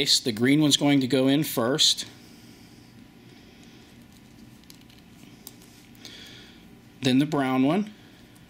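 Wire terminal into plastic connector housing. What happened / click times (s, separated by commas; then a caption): Wire terminals handled; nothing clearly seated yet / none. Someone talks while handling wire terminals for a plastic connector housing on a Mallory Ignition E-Spark and Unilite breakerless distributor conversion kit, with faint small ticks and rustles around 4.6 to 6.1 seconds before someone talks again. No terminal has snapped into the connector housing yet; nothing has seated.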